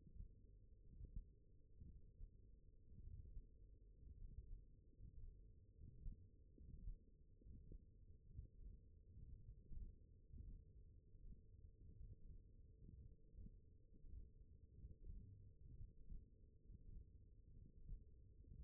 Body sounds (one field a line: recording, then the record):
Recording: forearm muscle sounds (acoustic myography)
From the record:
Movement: hook grip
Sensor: system 1, eight BSWA MPA416 microphones around the upper forearm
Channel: 1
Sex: male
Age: 21 years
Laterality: right